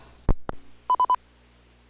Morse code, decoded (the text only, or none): none